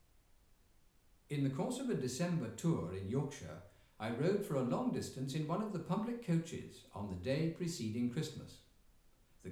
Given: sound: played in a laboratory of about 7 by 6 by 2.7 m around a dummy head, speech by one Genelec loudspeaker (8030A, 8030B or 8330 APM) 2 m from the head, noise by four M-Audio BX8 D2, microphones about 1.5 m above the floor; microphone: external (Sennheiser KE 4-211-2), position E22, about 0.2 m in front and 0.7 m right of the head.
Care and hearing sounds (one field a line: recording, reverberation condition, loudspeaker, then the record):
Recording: male speech in English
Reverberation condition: medium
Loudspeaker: 30 degrees to the right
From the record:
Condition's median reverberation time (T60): about 510 ms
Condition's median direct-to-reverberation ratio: about -0.5 dB